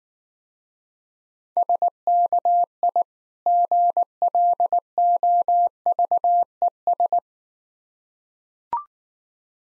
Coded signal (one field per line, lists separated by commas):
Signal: Morse code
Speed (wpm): 19 wpm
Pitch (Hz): 700 Hz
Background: none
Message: SKI GLOVES